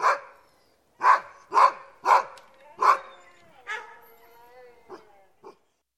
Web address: suono branco di cani che abbaia husky